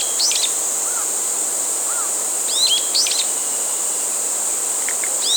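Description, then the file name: Brown-eared bulbul giving shrill hooked call notes in short groups, with a few softer low notes between and a steady insect drone throughout. 27 July 2016. "Ixos amaurotis"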